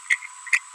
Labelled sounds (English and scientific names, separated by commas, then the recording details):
Green-rumped Parrotlet (Forpus passerinus) babbling
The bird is a female
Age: 24 days
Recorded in a nest box in Venezuela
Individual 17B42B1